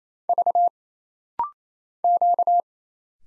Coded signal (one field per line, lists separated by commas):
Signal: Morse code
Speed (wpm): 27 wpm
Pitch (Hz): 700 Hz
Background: none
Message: V Q